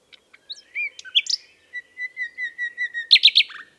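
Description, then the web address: Common nightingale song, a few varied notes then a steady string of soft repeated whistles, ending in three loud sharp strokes and a falling note. "SETE data Luscinia megarhynchos"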